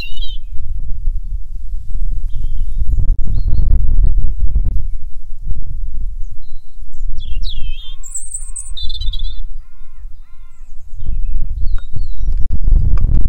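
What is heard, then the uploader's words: Several birds sing and call together outdoors: high, thin whistled phrases and quick chirps come every few seconds, with a run of evenly repeated short notes around eight to ten seconds. A low, rumbling wind or traffic murmur runs steadily underneath throughout. ROBIN SONG VERSUS THE COMPETITION. Stocktaking around my client's fields and hedgerows and I came across this beauty defending his patch. Other species to be heard or seen nearby are Carrion Crows, Mistle Thrush, Great Tit and Green Woodpecker.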